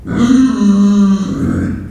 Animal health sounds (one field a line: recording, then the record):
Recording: squeal of a Yucatan mini pig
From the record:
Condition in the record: after surgery on the right vocal fold (resection and tissue-engineered implant)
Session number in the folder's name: 6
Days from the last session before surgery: 40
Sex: female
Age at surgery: 19 weeks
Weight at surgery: 25 kg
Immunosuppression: prednisolone